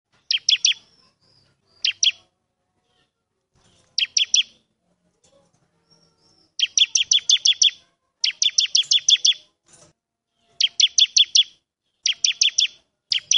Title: Ciblek gacor manggil lawan ciblekmu lanhsung nyaut